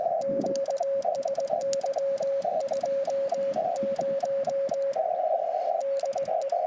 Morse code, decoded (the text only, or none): QSY 20 DE